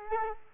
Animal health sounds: mosquito wingbeat signal from an infrared sensor; Culex quinquefasciatus

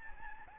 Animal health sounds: mosquito wingbeat signal from an infrared sensor; Aedes albopictus

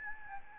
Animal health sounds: mosquito wingbeat signal from an infrared sensor; Aedes albopictus

